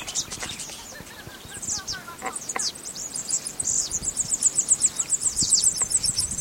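Bird twittering with quick, high chirps, building into a steady rapid trill of repeated notes in the second half.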